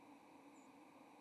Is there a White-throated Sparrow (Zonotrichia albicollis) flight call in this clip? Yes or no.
yes